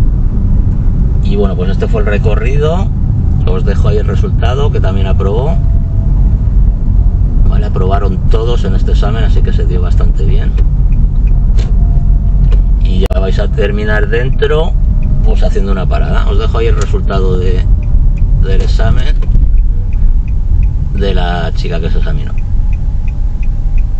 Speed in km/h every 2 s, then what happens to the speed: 27, 25, 23, 22, 25, 24, 22, 20, 20, 18, 13, 9.
0-17 steady at about 23. 17-24 slows to 9.